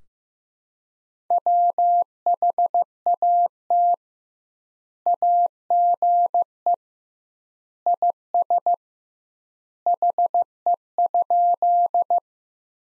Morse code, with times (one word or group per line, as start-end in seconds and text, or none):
1.3-3.9 WHAT
5.1-6.7 AGE
7.9-8.7 IS
9.9-12.2 HE?